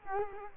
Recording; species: mosquito wingbeat signal from an infrared sensor; Culex quinquefasciatus